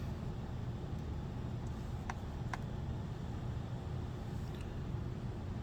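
A Phillips screw is worked out of the plastic back shell of a Game Boy Color handheld console over a steady low rumble of background noise. Two short, sharp clicks at 2.1 s and 2.5 s are the screw slipping in its stripped plastic thread.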